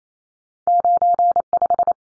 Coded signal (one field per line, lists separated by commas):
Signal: Morse code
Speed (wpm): 28 wpm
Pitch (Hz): 700 Hz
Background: none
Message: 95